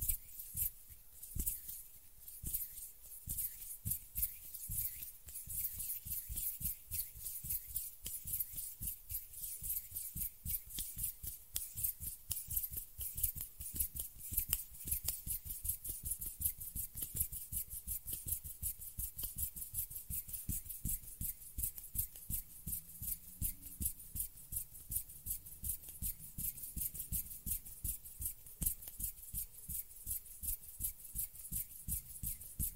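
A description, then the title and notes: Hand sounds: a rapid, fairly regular series of sharp taps or rubs runs through the whole half minute, each a crisp click with a soft low thump beneath it. The pace holds steady with little change, over a faint constant hum. ASMR RELAXING HAND SOUNDS - NO TALKING.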